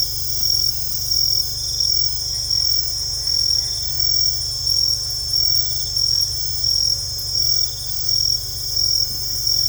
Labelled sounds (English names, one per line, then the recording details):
none
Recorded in secondary vegetation near Puerto Asís, Putumayo, Colombia, on 20 December 2024 at 21:30
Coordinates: 0.468, -76.324
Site G095